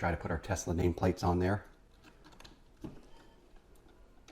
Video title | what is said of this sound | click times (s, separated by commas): DIY Tesla Mobile Supercharger! - Fast 3D Printing with AnkerMake & Bambu Lab | they should just snap into place here as long as the support filament is cleared out which this one needs a little bit of work | none